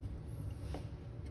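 A small cooktop indicator light, with hooks on one side and a snap piece on the other, is handled at the glass cooktop frame over a steady low hum. A soft, brief tap is heard at about 0.7 seconds. Nothing has seated or clicked into place yet.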